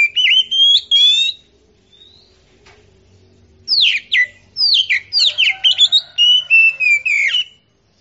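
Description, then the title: Oriental magpie-robin song with clear whistled notes, a quiet gap, then a lively series of varied downslurred whistles and fluty phrases repeated rapidly. Champion singing bird. "Kicau Burung Kacer Juara"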